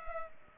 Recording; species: mosquito wingbeat signal from an infrared sensor; Culex pipiens